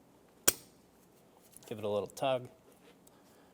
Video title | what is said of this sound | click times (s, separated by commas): How to Replace Mass Air Flow Sensor 2003-2007 Infiniti G35 | push until you hear a click | 0.5 s